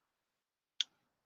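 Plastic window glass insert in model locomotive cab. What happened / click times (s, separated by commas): The small plastic insert snapped free / 0.8 s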